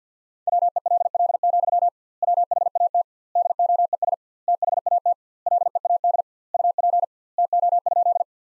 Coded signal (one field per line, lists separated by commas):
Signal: Morse code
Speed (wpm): 50 wpm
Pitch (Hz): 700 Hz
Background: none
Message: WELL, WHAT DOES THAT LEAD UP TO?